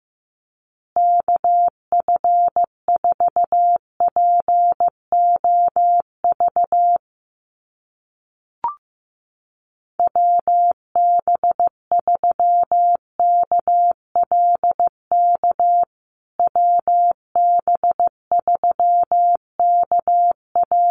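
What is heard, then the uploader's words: A callsign keyed three times in Morse code as a single steady mid-pitched tone, broken into quick, even dots and dashes. Each sending lasts about five seconds, with short pauses between them. A brief click sounds in the first gap. USA Call Signs Repeated 3x 15wpm. First, the callsign is sent 3x in Morse code. Finally, it is sent again in Morse code.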